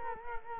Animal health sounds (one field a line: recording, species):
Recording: mosquito wingbeat signal from an infrared sensor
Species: Culex quinquefasciatus